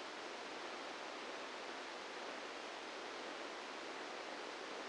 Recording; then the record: brain microelectrode recording played as sound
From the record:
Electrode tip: inside the subthalamic nucleus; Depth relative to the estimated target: -4 mm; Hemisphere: right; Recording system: NeuroSet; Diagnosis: Parkinson's disease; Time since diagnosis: 17 years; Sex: male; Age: 64 years